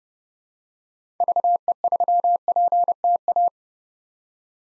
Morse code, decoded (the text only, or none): VE3PTA